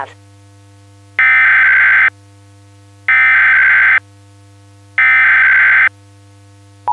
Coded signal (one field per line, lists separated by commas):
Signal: Emergency Alert System (SAME) tones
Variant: header bursts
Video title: EAS Scenario Christmas Special: Holiday Havoc